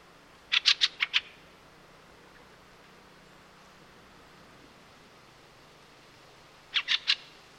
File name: Fieldfare